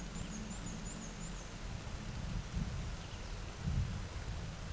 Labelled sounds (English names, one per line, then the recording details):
Black-and-white Warbler song
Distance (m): 45 m
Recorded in a Pennsylvania forest on 17 May 2023 at 13:08
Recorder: AudioMoth, point grid1_13_low
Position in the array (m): 99 m, 103 m